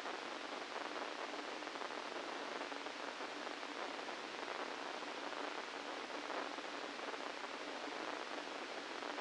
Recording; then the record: brain microelectrode recording played as sound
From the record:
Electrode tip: inside the subthalamic nucleus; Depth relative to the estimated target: 0 mm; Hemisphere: left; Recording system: NeuroSet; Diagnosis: Parkinson's disease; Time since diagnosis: 17 years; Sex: male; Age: 64 years